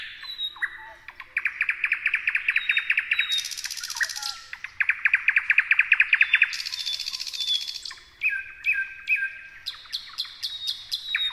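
Thrush nightingale song: long rattles of rapidly repeated notes, high buzzy trills and sharp clicking phrases.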